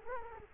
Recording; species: mosquito wingbeat signal from an infrared sensor; Culex quinquefasciatus